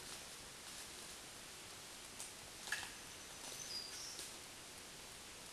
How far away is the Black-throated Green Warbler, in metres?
about 45 m